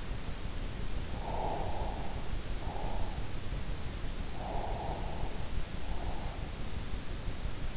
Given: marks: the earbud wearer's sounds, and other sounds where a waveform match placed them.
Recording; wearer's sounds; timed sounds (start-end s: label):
sounds in sleep by an in-ear microphone; breath
1.38-2.95 s: breath
4.46-6.36 s: breath